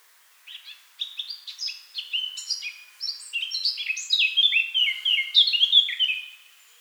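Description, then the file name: Eurasian blackcap singing a quick, varied warble that swells into a strong, clear whistled ending. "Sylvia atricapilla"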